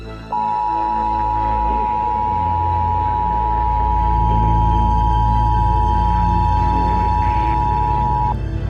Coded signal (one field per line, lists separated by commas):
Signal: Emergency Alert System (SAME) tones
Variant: 853 and 960 Hz attention tone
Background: music